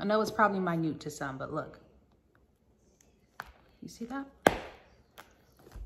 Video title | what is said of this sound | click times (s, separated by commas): Coach Signature Katy Heels And Wallet Review | that's a snap that's a nice snap | 4.5 s